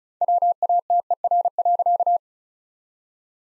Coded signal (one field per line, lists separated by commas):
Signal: Morse code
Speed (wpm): 34 wpm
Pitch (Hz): 700 Hz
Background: none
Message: WATER.